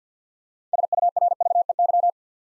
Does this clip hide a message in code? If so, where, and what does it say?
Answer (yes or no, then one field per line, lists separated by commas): yes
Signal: Morse code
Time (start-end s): 0.7-2.1 s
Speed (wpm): 50 wpm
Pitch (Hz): 700 Hz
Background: none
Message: SURVEY